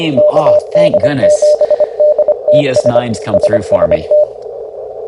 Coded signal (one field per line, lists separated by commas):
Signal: Morse code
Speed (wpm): 24 wpm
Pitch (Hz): 600 Hz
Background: speech, radio noise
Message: KD7DTS SST